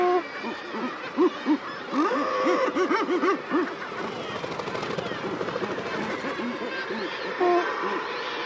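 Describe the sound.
Common murres produce chattering, laugh-like bursts of low arched croaks in quick series, with a busy seabird colony behind.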